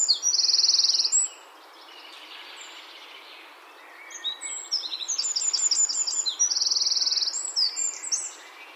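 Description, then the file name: Eurasian wren song: a bright trill at the start, then quiet, then a long rapid string of sharp high notes that includes another shimmering trill. "Troglodytes troglodytes"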